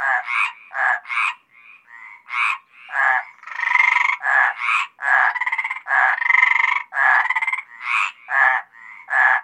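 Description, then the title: Mediterranean tree frogs croaking, short nasal bursts mixed with a few longer rasping croaks, several frogs calling over one another. Several Mediterranean tree frogs recorded at Apt, Vaucluse, in June 2010. "Sylvain Jaskowiak - Animus. Rainettes méridionales - Apt, Vaucluse - juin 2010"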